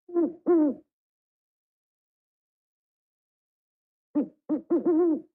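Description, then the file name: Owl hooting: two short, low, slightly falling hoots, a silence of about three seconds, then four quicker hoots in a tight burst; no other sounds. "zvuki sovy"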